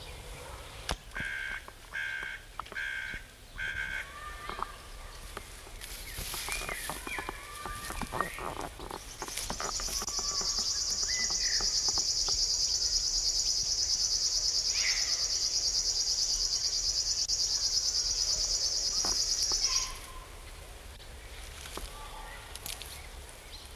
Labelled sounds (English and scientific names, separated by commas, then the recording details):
River Warbler (Locustella fluviatilis) song
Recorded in the wild
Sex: male
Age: adult
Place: Buckow, Märkische Schweiz, Brandenburg, DE
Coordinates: 52.5708, 14.0778
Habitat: riverine vegetation
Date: 1978-07-01 18:50
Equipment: Uher CR 210, Sennheiser MD 421 SH, Verstärker, Kopie Uher 4200
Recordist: Tembrock, Günter